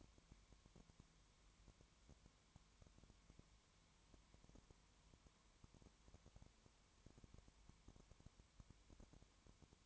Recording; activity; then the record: daily activity, microphone in the room; no activity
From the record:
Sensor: 3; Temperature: 20.2 degrees Celsius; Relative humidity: 31.4%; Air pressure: 1001.3 hPa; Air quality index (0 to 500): 75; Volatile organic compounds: 1 ppm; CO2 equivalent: 698 ppm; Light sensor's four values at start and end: 2/3/2/2 and 2/3/2/2